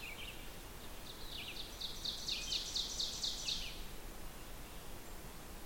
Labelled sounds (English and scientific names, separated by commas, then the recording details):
Ovenbird (Seiurus aurocapilla) song
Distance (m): 60 m
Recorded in boreal forest in Alberta, Canada, on 16 June 2016 at 08:31
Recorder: SongMeter 3, array SBT-3-32
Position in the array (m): 159 m, 29 m
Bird 36